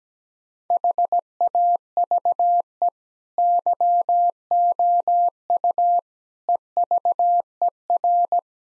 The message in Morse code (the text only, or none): HAVE YOU EVER